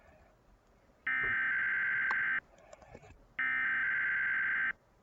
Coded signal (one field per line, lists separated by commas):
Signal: Emergency Alert System (SAME) tones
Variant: header bursts